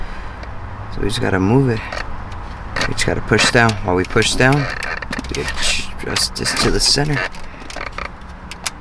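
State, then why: Not seated. Someone talks while pushing down on the adjustable locking mechanism of a new foldable car stereo head unit for a 1990 Cadillac DeVille and moving it to the center. A few brief handling clicks and taps are heard near the end, but nothing has seated or clicked into place yet.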